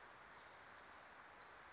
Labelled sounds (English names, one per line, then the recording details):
Wilson's Warbler
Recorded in Sonoma County, California